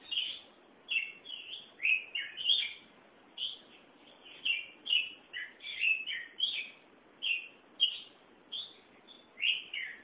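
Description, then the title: Oriental magpie-robin song: a steady run of bright whistled notes and short slurred phrases, mostly rising and falling quickly, with brief gaps between bursts. Chirping song (kicauan) of the bird. "Suara Kicauan Burung Kacer Durasi Panjang"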